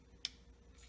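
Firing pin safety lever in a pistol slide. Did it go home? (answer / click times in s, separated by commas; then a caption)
yes / 0.2 s. After an Eden Perfection flat trigger is installed, the firing pin is held down, the trigger is lightly pressed, and the pin is released. The metal firing pin safety lever in the pistol slide snaps back into its blocking position with a single sharp, bright click at 0.3 s over a quiet background. The safety is seated and blocking properly.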